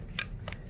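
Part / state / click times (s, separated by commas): low-voltage quick-splice connector crimped onto LED power wire / partly seated / 0.2 s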